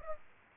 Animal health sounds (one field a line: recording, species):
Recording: mosquito wingbeat signal from an infrared sensor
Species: Aedes aegypti